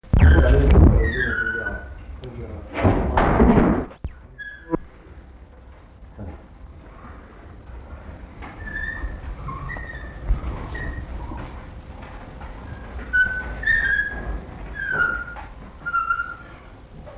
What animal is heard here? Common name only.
African Wild Dog